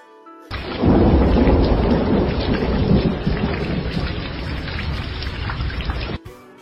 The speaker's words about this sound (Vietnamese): Bầu trời đen kịt, mềm mông, bát ngát, sấm sét ầm ầm đinh tai nhức óc, tia chớp xanh xé tỏa không trung.